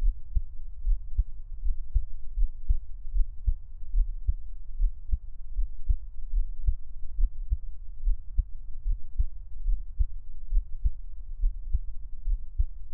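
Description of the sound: Soft, deep thumps repeat at a steady rhythm of about 75 beats a minute, with a low background hum and no talking. This is an adult's own heartbeat recorded up close for Taiwanese ASMR listening, best heard with headphones.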